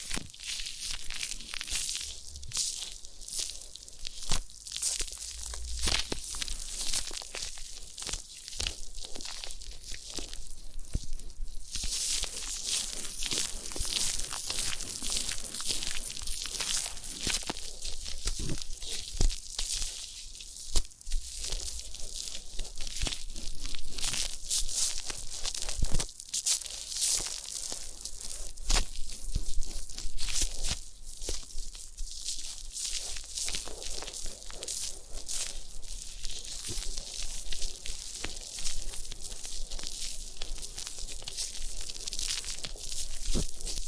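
Massage and ear cleaning sounds: dense, crackly scratching and crinkling fills the whole 44 seconds, bright and hissy with constant small clicks and rubbing strokes. The texture stays busy throughout, with brief louder bursts around 11, 21 and 27 seconds.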